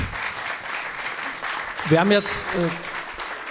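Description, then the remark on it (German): Modest applause from a Hamburg audience thanking the speakers of a panel, a steady crackle of many hands clapping throughout, with a man's voice briefly speaking over it partway through. “Das Hamburger Publikum ist etwas klatschunfreundlich.”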